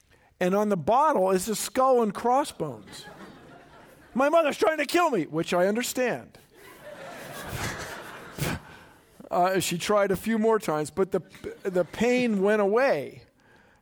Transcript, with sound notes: And on the bottle is this skull and crossbones. My mother is trying to kill me, which I understand.
[Laughter]
She tried a few more times, but the pain went away